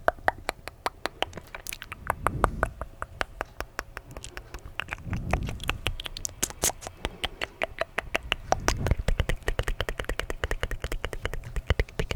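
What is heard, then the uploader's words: Dry mouth sounds with no talking: a rapid, fairly steady stream of sharp little clicks and smacks running throughout, several per second. Softer low, breathy swells rise and fade around 2, 5 and 9 seconds beneath the clicking. ASMR DRY MOUTH SOUNDS no talking.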